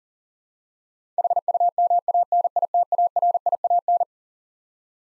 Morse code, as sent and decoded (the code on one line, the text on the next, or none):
.... ..- -- .- -. .. - .- .-. .. .- -.
HUMANITARIAN